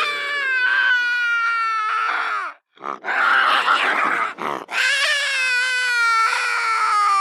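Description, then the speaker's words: Bobcat caterwaul: long, wailing yowls with rich overtones, broken midway by rough, noisy, growled bursts before the wailing resumes. Possibly the sound made when one bobcat comes across another in the forest. "That one might be a sound that they make when coming across another bobcat in the forest."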